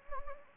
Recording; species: mosquito wingbeat signal from an infrared sensor; Anopheles arabiensis